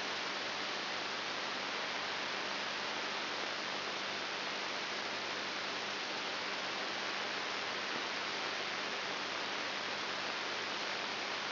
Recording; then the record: brain microelectrode recording played as sound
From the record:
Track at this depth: inside the subthalamic nucleus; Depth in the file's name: 6.901 mm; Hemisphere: left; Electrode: 3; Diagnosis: Parkinson's disease